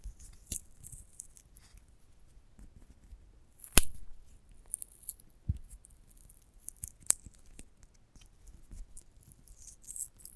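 ASMR sounds from a sunflower head: soft crackles, scratches and light taps on a hushed background. Sharp, bright clicks stand out near 4 and 7 seconds, with a duller knock around 5.5 seconds. Quieter rustling and crisp fizzing come and go throughout.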